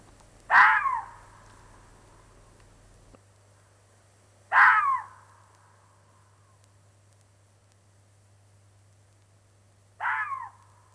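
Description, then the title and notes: Red fox calls: three loud, hoarse screeches, several seconds apart, the last one quieter, over a faint steady low hum. Fox vocalization used for social interaction. "Kettu. Paavo Hellstedt. Yle"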